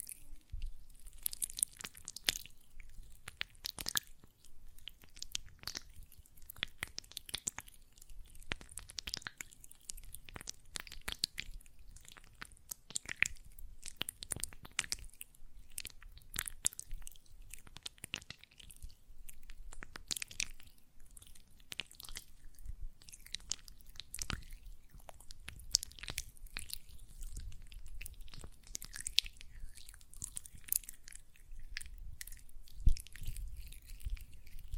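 Hands work gel lotion in a dense run of wet, squishy clicks and crackles that keep going for the whole stretch without a pause. The small sticky pops come quickly and unevenly, some sharper bursts standing out, over a faint low hum.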